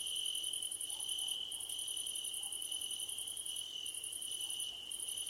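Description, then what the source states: Cricket calls: a continuous high trill overlaid with fast pulsed chirp bursts and short gaps, plus occasional faint intermittent tones. Crickets calling at night under a starlit sky.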